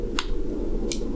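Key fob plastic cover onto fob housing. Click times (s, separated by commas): 0.2 s, 0.9 s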